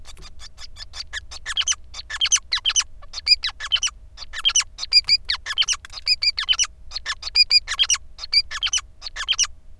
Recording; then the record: song of a male Bengalese finch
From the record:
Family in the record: son of father 5